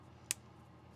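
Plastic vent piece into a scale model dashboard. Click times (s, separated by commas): 0.3 s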